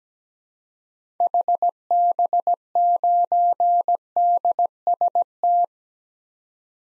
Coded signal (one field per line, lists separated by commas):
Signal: Morse code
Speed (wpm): 17 wpm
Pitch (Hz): 700 Hz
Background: none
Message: HB9DST